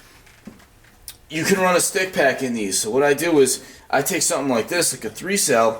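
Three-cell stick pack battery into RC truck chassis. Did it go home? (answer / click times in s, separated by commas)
no / none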